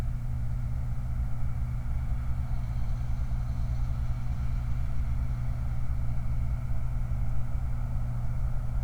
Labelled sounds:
truck
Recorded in the Prudhoe Bay oil fields, Alaska, on 29 July 2019
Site 29

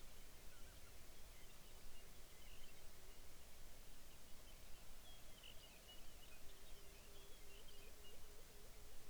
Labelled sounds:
songbird, shorebird
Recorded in the Arctic National Wildlife Refuge, Alaska, on 23 May 2019 at 05:50
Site 49

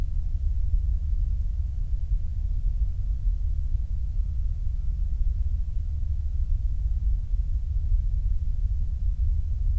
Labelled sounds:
flare stack
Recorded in the Prudhoe Bay oil fields, Alaska, on 8 July 2019 at 06:09
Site 25

